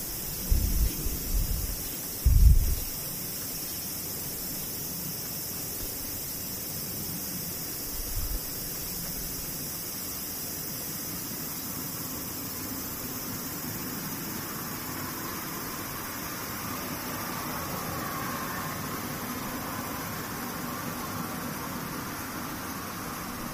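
Cicadas drone steadily throughout, a thin, bright, unbroken buzz sitting high above a constant outdoor hiss. A few low, dull thumps come near the start and again around eight seconds, then the scene settles into an even, unchanging wash.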